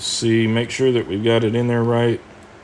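A reset tool is being handled against the reset mechanism inside a rekeyable lock cylinder while its position is rechecked. Someone talks through most of the clip, then it falls to a quiet low background. Nothing has seated or clicked yet.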